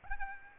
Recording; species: mosquito wingbeat signal from an infrared sensor; Aedes albopictus